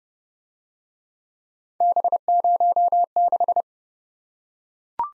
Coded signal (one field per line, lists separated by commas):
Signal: Morse code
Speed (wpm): 28 wpm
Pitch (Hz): 700 Hz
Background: none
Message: B06